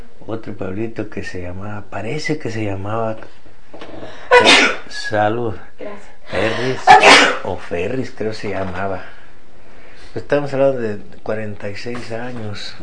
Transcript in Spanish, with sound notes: Otro pueblito que se llamaba… parece que se llamaba… (estornudo) Salud. Perris o Ferris, creo se llamaba. Pos estamos hablando de cuarenta y seis años,